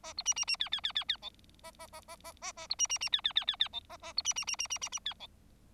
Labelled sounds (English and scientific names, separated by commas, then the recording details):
Bengalese Finch (Lonchura striata domestica) song
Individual Bird4